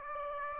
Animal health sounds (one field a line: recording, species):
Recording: mosquito wingbeat signal from an infrared sensor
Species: Aedes aegypti